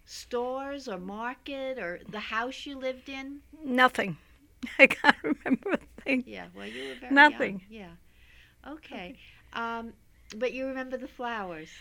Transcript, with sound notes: Stores or market or the house you lived in?
Nothing. I can't remember a thing. (she laughs)
Yeah. Well, you were very young.
Nothing.
Yeah. Okay. But you remember the flowers.